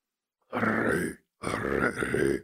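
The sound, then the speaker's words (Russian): Two rough, gurgling growls in a row, the first short and the second longer, loud and raspy with a wet, rattling texture and no speech. “возник переполох, и невольный возглас раздвинул, как хулиган раздвигает робкую публику, рваный, булькающий рык.”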